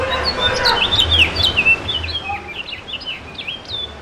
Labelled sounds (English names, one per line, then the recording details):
House Finch song
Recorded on Long Island, New York, on 2 June 2012
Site CP
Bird C